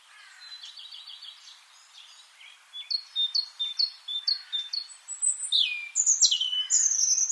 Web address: SETE Erithacus rubecula